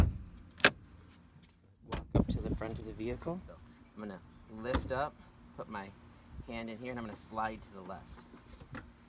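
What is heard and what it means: On a Jeep Grand Cherokee, the interior hood release lever by the driver's left foot is pulled and the metal hood latch at the front of the vehicle pops open with a sharp click at 0.6 s, releasing the hood. A few more soft knocks follow while someone talks.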